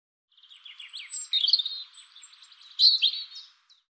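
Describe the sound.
European robin song: a varied run of thin high whistles, quick slurred notes and scratchy twitters, some very high drawn notes, lasting about three seconds, no other sounds.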